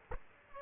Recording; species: mosquito wingbeat signal from an infrared sensor; Aedes aegypti